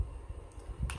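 A removable part of a new plastic plug-in wall diffuser, which does not lock into place, is tugged off its base. Low, quiet rumbling comes before a single sharp, short click at 0.9 s as the part comes free of its mount.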